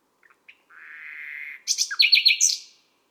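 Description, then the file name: Common nightingale song: a sustained whistled note held about a second, followed by a rapid burst of sharp varied chirps. Recorded at midnight at Les Salelles, Ardèche, France. "Rossignol-philomele-a-minuit-Les-Salelles-Ambiances-Sonores-d Ardeche-Studio-Les-Trois-Becs"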